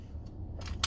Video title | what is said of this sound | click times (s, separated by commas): Amazon lockbox unboxing | if you pull that to the side it's then going to snap into place | 0.8 s